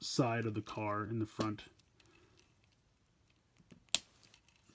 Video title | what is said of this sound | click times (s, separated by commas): Transformers Studio Series 17 Deluxe Class Shadow Raider Review | there's just a tiny little tab there that you just kind of click into place and that forms kind of the whole side | 3.9 s